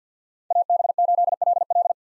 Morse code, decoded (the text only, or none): AB8LL